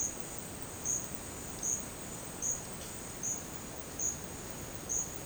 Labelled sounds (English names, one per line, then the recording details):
none
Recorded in dense forest near Puerto Asís, Putumayo, Colombia, on 19 June 2025 at 12:30
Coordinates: 0.484, -76.317
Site G045